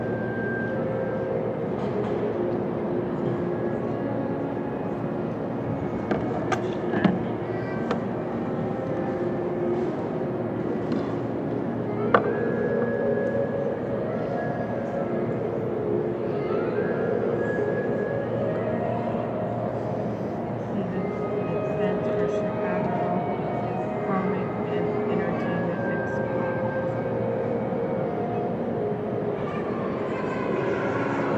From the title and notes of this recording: Ambient recording at Union Station. This was recorded in the main hall at Union Station in Chicago, Illinois.